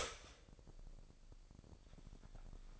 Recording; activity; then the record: daily activity, microphone in the room; start toaster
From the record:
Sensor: 5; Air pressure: 1007.2 hPa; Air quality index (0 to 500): 124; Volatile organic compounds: 1 ppm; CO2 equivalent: 942 ppm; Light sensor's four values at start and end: 29/67/28/29 and 29/68/28/30